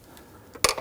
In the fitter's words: and push it on. You can hear it and feel it click into place.